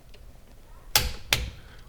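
A torque wrench tightens the fill plug, fitted with a new crush washer, on the front differential of a 5th Gen Toyota 4Runner to 29 ft-lb. Quiet ratcheting comes first, then the wrench gives sharp clicks at 1.0 s and 1.3 s as it reaches its setting, confirming the plug is torqued.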